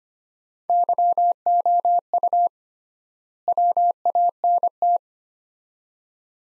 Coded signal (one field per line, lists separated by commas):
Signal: Morse code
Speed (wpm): 25 wpm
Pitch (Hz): 700 Hz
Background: none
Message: YOU WANT